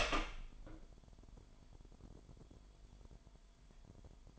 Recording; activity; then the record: daily activity, microphone in the room; open door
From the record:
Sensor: 5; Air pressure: 998.5 hPa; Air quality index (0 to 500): 82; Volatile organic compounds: 1 ppm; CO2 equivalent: 938 ppm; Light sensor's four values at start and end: 33/80/33/37 and 33/80/33/37